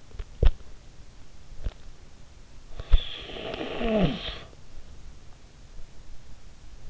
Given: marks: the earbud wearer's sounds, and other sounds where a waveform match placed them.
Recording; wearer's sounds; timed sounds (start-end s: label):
sounds in sleep by an in-ear microphone; teeth grinding, snoring breath
0.24-0.57 s: teeth grinding
1.57-1.92 s: teeth grinding
2.73-4.67 s: snoring breath